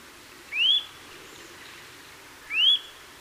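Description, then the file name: Eurasian nuthatch whistled calls: two clear, sharply rising notes given about two seconds apart over faint background hiss. "Sitta europaea"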